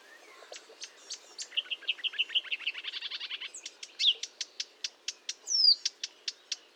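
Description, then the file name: Marsh warbler song, a fast rattling trill that swells then breaks into sharp evenly spaced chips, with a few clear whistled slurs. Recorded 1 June 2022 at 10:55 at Fontaine-Française (Fourneau), France, with a Nagra recorder and Telinga parabolic microphone. "Rousserolle verderolle 20220601 1055 Fontaine-Francaise-Fourneau-Nagra-Telinga"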